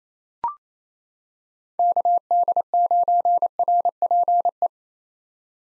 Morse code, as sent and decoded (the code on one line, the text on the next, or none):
-.- -.. ----. .-. .--. .
KD9RPE